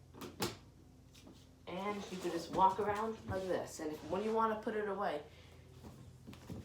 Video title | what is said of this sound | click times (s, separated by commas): For band 8th grade | put the strap back, put in the two clips by just pushing it down until I hear the click. | 0.4 s